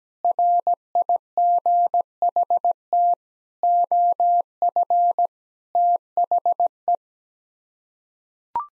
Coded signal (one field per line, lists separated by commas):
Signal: Morse code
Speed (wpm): 17 wpm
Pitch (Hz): 700 Hz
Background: none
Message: RIGHT OF THE